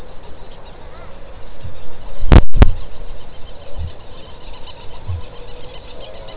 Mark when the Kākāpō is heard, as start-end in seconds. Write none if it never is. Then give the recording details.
1.47-1.92, 3.66-5.30. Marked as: faintness 3/5. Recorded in New Zealand. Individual Stumpy